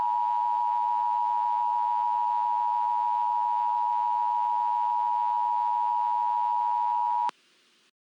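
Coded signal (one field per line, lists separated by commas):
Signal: Emergency Alert System (SAME) tones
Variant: 853 and 960 Hz attention tone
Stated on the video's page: Fictional EAS scenario about an extreme tornado, a Halloween special.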